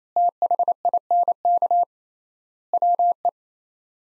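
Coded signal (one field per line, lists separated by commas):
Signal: Morse code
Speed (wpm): 28 wpm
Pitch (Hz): 700 Hz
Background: none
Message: THINK WE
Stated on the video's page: Head-copy practice: sets of five words at 28 wpm with 3x word spacing, a Farnsworth-like method applied to words.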